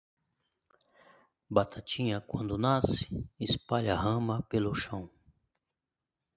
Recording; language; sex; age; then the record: short text; Brazilian Portuguese; male; 50 to 59 years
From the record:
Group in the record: control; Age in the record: 51 years